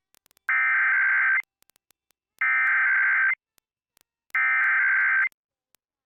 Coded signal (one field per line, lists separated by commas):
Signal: Emergency Alert System (SAME) tones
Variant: header bursts